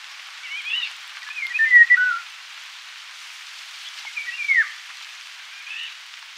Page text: Eurasian Golden Oriole Song - Quick Sounds